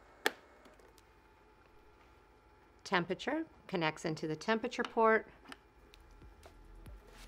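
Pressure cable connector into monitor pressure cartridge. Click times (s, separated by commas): 0.3 s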